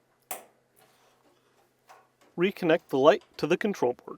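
A plastic wire retainer for a Whirlpool/Maytag/Amana dryer drum light (part W11310048) is pressed into a slot on the dryer bulkhead to hold the light's wires. It seats with a sharp snap at 0.3 s, followed by a few faint small noises. From about 2.4 s on, someone talks.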